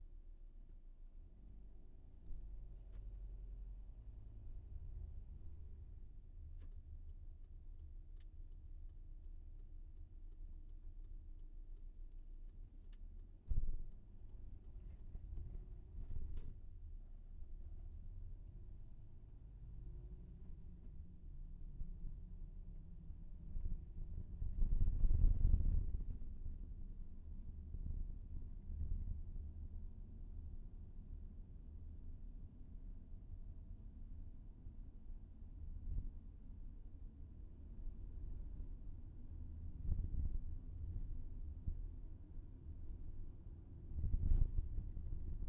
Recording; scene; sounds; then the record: everyday scene through a hearing-aid microphone; in a vehicle; engine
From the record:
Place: VW T5 Caravelle, diesel engine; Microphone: behind the ear, left, rear